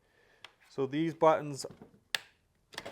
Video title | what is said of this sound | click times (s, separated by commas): Ryobi ONE+ HP Cordless Pet Stick Vacuum PBLSV716K Review | has hooks here and you just snap it in and you hear the click and you're good | 0.5 s